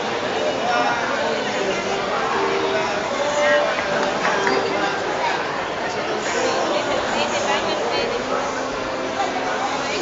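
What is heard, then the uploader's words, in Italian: Dense crowd noise during a soap-bubble workshop in a shopping centre, with many voices talking over each other in a constant babble. Level stays steady throughout, with brief higher-pitched shouts and short tonal squeaks scattered through the middle. Casino durante un laboratorio di bolle di sapone e di alienazione, in un centro commerciale.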